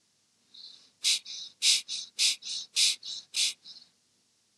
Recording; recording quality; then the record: shallow breathing; excellent, no background noise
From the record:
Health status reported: healthy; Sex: male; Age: 42 years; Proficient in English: yes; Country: India